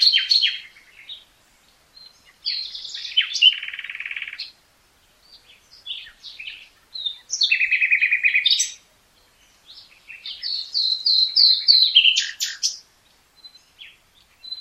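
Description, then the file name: Common nightingale song: a near-continuous run of varied phrases mixing buzzy rattles, rapid repeated notes and clear whistles, with only short breaks. "Luscinia megarhynchos"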